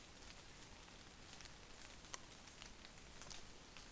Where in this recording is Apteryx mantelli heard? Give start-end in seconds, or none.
none